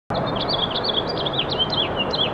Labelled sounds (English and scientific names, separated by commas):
House Finch (Haemorhous mexicanus) song